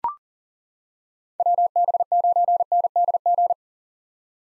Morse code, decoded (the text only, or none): WB9NDG